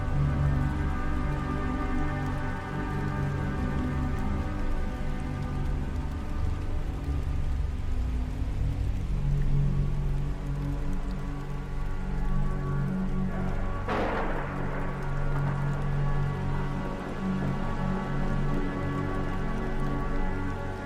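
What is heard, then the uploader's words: Soft ambient backing music holds steady, low sustained tones layered under a fine patter of light rain that fills the upper range throughout. Around fourteen seconds a brief brighter swell or crackle rises through the mix, then the calm bed continues unchanged. This audio features ambient backing music and light rain.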